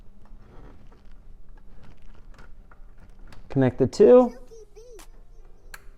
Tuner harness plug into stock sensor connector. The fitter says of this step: push down you heard that click and then the final click will be pushing the clip all the way in